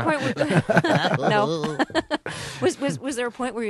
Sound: soundbite of laughter

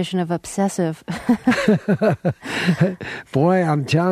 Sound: laughter

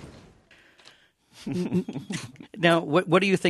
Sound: soundbite of laughter

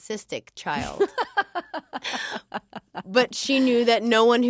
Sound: soundbite of laughter

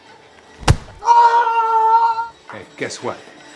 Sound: soundbite of scream

